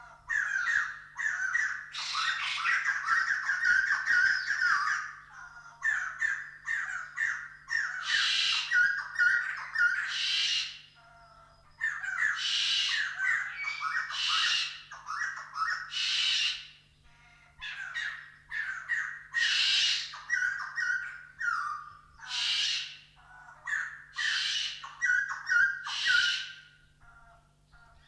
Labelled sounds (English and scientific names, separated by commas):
White-crested Laughingthrush (Garrulax leucolophus)